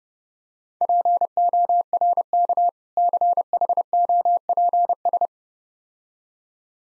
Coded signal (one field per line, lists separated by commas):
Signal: Morse code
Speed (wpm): 32 wpm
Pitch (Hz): 700 Hz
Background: none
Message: PORK CHOPS